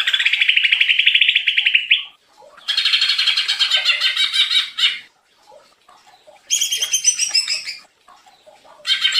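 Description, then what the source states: Leafbird song in separate loud bursts: a steady buzzy trill, then dense chattering phrases and a higher rattling series, with short silences between. Vigorous song used as a training and lure recording for cage birds.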